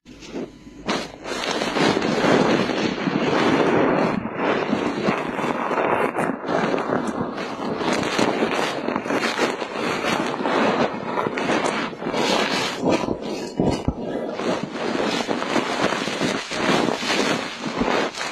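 A feather brushes and sweeps, as in ear cleaning, making a dense rustling hiss that fills the whole clip. The strokes swell and fade unevenly, with brief near-silent breaks around four and fourteen seconds.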